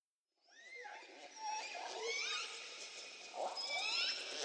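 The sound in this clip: Whale vocalisations of upswept whistles and chirps that build into a busy mix of overlapping tonal calls.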